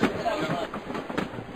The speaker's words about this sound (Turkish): Gelen 36 sayılı tren Cenova garına girmiş bulunmaktadır.